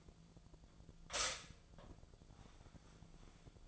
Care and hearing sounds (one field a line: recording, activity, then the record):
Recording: daily activity, microphone in the room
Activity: stop toaster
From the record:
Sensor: 5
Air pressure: 1009.4 hPa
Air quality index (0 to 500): 168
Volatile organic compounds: 4 ppm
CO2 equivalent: 1632 ppm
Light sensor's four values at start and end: 89/236/96/101 and 89/236/96/101